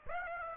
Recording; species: mosquito wingbeat signal from an infrared sensor; Aedes aegypti